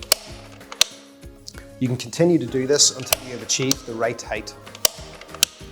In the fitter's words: push them down until you hear a click